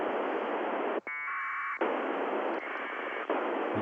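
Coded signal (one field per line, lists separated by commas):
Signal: packet radio (AX.25, as in APRS)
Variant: 1200 baud AFSK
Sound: loud radio hiss broken by two short warbling data bursts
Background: radio static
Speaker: So this was what it sounds like, APRS packets coming over the air. And this was on an ICOM 705.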